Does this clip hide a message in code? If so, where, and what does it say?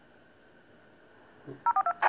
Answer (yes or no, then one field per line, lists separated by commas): yes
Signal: DTMF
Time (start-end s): 1.6-2.0 s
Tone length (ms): 70 ms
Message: 042